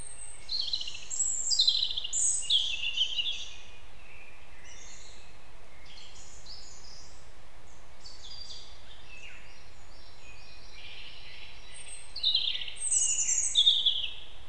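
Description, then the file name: European robin song with rapid, jumbled high notes and thin trills, an opening burst, softer scattered notes, then another bright phrase near the end; low rumbling background. "Erithacus rubecula"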